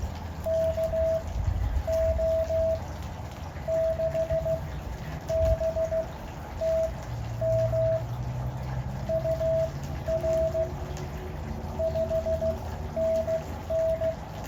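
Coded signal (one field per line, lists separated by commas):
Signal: Morse code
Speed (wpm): 16 wpm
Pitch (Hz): 650 Hz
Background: none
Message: KO6BTM UR 5NN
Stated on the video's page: Summits on the Air CW contact from a summit activation, made on an Elecraft KX2.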